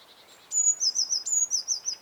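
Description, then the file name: Eurasian blue tit uttering a sharp, very high note then a quick series of rippling notes, followed immediately by a second similar note and run. "Cyanistes caeruleus"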